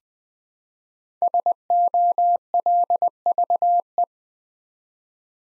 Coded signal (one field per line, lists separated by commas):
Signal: Morse code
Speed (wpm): 20 wpm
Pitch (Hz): 700 Hz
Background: none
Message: SOLVE